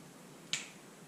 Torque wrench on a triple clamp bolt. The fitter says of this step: click recheck